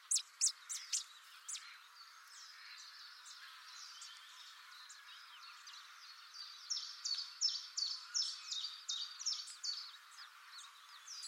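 Bird calls: a burst of sharp high notes, a quiet stretch, then a rapid run of chirps near the end, over constant background hiss.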